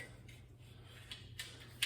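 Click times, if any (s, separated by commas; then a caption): 1.8 s. A metal folding shelf bracket is raised from flat against the wall up to its horizontal position, with faint ticks and light mechanical clicks over a steady low hum. It snaps sharply into its locked open position at 1.8 seconds.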